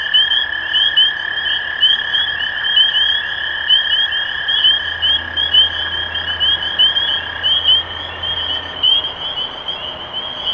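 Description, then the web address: Spring peepers calling together, repeated rising peeps about once a second over a ringing background chorus and a lower steady tone that stops near the end. Recorded 23 March 2012. "rob animals Peepers-2012-0323"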